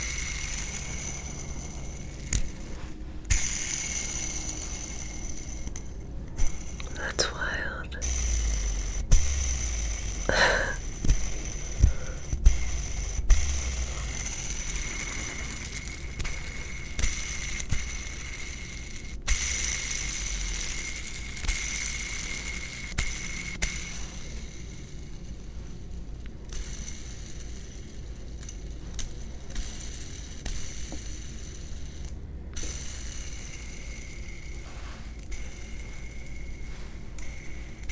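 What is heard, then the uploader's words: Fidget toys click and rattle in a steady stream of small, sharp ticks, some in quick bursts, over a constant low rumble. A thin high ringing tone runs through most of the clip. Around ten seconds a brief rising squeak or whistle cuts through. ASMR Fidget Toys.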